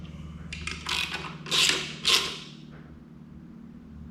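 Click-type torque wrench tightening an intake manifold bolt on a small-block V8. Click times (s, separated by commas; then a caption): 0.5 s, 0.7 s. A click-type torque wrench tightens an intake manifold bolt into the cylinder head of a small-block 350 V8 and reaches its setting, with sharp clicks at 0.5 s and 0.7 s. Louder rasping, scraping bursts follow around 0.9 s, 1.6 s and 2.1 s over a steady low hum.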